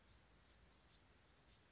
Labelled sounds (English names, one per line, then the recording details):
Bewick's Wren
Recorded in Sonoma County, California